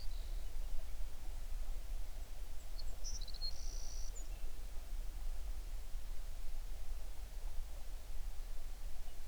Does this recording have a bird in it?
yes